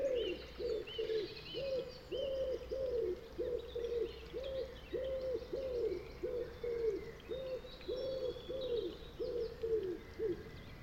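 A pigeon or dove coos steadily across the whole stretch, a low, even, rounded call repeated about twice a second. Thin chirps and tweets from other birds come and go higher up, over a faint low rumble underneath.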